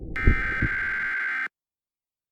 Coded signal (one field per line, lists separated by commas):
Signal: Emergency Alert System (SAME) tones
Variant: header bursts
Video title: EAS Scenario: Ultimate Halloween Part 2